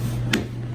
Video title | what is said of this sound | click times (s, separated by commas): 2007 SUBURBAN REAR WIPER REMOVAL/INSTALL | you're gonna hear it all click see | 0.3 s